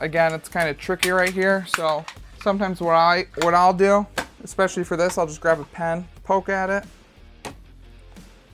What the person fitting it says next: Make sure you hear that little click like that.